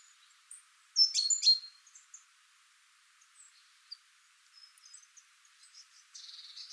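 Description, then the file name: Great tit calls: a brief burst of high, sharp chirps near the start, then scattered faint ticks and a soft buzzy note at the end. "Parus major"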